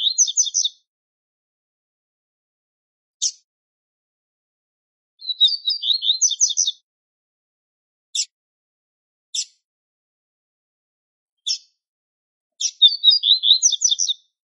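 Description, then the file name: Double-collared seedeater singing three short, fast warbled phrases of high chirps, separated by lone sharp ticking notes, in otherwise silent surroundings. Male. "canto da coleirinha macho"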